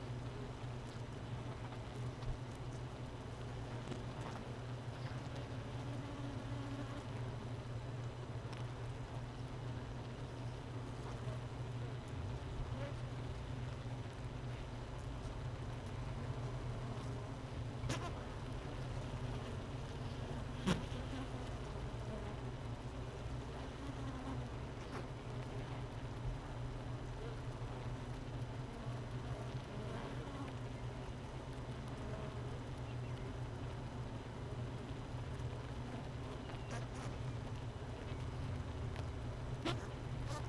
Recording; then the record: honeybee colony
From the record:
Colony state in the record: missing queen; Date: 31 May 2018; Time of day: 13:37